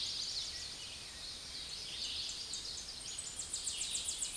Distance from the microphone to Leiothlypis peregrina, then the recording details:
about 35 m. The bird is about 5 m above the microphone. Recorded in a Pennsylvania forest on 16 May 2024 at 07:08. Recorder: AudioMoth, point MSD-2417. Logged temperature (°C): 16.4 °C. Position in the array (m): 72 m, 62 m